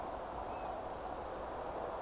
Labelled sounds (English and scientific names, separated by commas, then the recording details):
European Golden Plover (Pluvialis apricaria)
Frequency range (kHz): European Golden Plover (Pluvialis apricaria) 2.4-2.8 kHz
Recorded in France